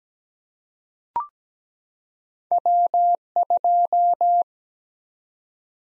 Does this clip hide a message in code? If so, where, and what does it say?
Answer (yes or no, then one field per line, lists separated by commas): yes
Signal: Morse code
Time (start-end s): 2.5-4.4 s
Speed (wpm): 17 wpm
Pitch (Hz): 700 Hz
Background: none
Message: W2